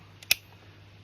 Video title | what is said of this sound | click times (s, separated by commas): J’installe une nouvelle carte, pas si difficile | lorsqu'on en france on entend un petit clic avec sa quille qui vient de ce clip est à la carte qui permet en fait de tenir solidement le | 0.2 s, 0.3 s